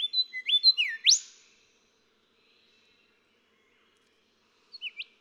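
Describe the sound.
Golden whistler song ending: rising whistled notes, a falling slur and a sharp upswept crack, then silence before a few new whistled notes begin.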